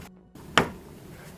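On a 2011–2016 Hyundai Elantra, a second push on the side of the headlight housing that was not seated sends it into its clip on the car body mount. A single sharp plastic snap is heard at 0.6 s, after which the housing is seated.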